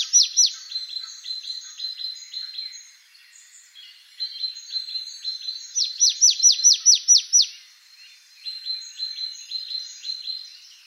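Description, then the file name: Marsh tit calling in quick bursts of sharp, downward-slurred chipping notes, several runs throughout, with softer high twittering notes filling the gaps. Recorded 28 November 2013. "Poecile palustris 131128"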